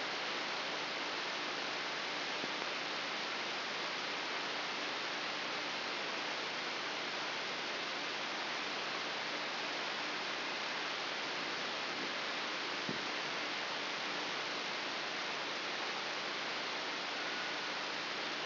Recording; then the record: brain microelectrode recording played as sound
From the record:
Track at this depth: inside the subthalamic nucleus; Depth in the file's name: 2.599 mm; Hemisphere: left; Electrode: 3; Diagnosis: Parkinson's disease